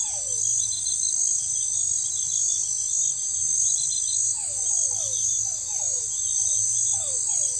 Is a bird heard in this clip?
no